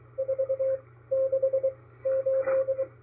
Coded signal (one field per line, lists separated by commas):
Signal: Morse code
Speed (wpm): 23 wpm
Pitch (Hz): 530 Hz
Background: radio noise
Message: 4 6 8